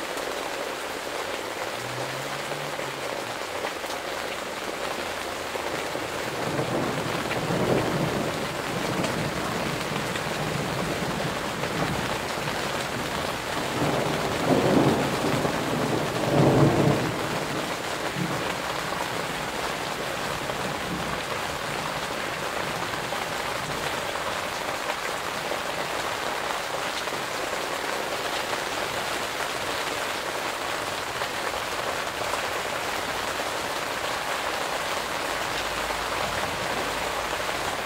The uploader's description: summer rain and thunder in the garden, under the greenhouse in the countryside